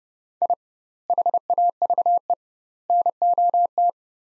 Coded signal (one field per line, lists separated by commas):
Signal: Morse code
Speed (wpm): 31 wpm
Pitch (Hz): 700 Hz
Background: none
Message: I HAVE NOT